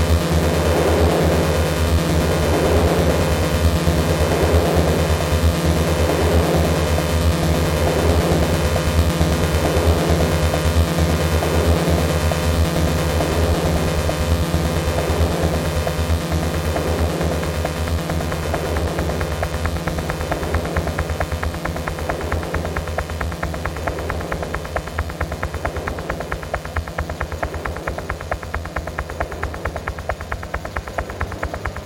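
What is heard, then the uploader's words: A binaural beat: a steady low drone under shimmering, pulsing mid tones that swell and fade in a regular rhythm, brightening slightly after twenty seconds. Binaural Beat.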